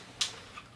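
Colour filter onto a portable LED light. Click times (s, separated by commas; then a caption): 0.2 s. A colour-warming filter is clipped onto a small battery-powered portable LED photo light to warm up its light. A single short, bright click sounds at 0.2 s against a quiet background, and the filter seats in place.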